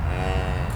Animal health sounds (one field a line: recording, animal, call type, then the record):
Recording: contact call of a hoofed animal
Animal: cattle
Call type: low-frequency (closed-mouth) or high-frequency (open-mouth) call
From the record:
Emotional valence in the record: negative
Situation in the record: full separation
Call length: 0.76 s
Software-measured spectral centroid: 2110 Hz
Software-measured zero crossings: 1100 a second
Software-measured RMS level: -24 dBFS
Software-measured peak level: -12 dBFS